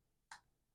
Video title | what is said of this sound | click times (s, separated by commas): QiYi 2x2 Speed Cube Toy | let see how that just snaps back in and yeah | 0.3 s